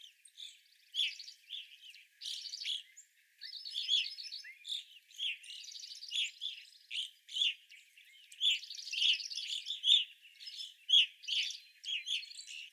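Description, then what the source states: Evening grosbeaks giving many overlapping chirping calls, with occasional buzzy, rattling trills among the chatter. Several evening grosbeaks, recorded 25 April 2021.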